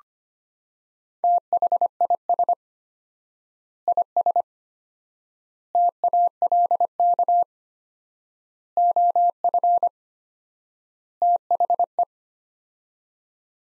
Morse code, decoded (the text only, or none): THIS IS TALK OF THE